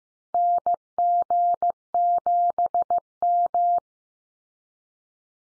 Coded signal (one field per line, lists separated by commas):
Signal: Morse code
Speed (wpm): 15 wpm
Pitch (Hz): 700 Hz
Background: none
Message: NG7M